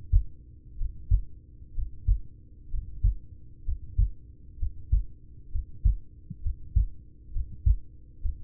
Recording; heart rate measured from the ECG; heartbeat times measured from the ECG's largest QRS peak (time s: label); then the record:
heart sounds by stethoscope; 65 bpm
0.74 s: heartbeat
1.71 s: heartbeat
2.67 s: heartbeat
3.61 s: heartbeat
4.55 s: heartbeat
5.48 s: heartbeat
6.39 s: heartbeat
7.29 s: heartbeat
8.18 s: heartbeat
From the record:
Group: heart failure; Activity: breath hold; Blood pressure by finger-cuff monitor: 75/47 mmHg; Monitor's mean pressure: 56 mmHg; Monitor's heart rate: 63 bpm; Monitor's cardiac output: 4.7 L/min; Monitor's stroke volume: 76 mL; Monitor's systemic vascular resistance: 810 dyn s/cm5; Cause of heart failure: ischemic heart disease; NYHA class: 1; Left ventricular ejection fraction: 33%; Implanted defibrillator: present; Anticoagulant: apixaban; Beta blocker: carvedilol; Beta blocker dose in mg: 18.75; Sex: male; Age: 39 years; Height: 168 cm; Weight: 72 kg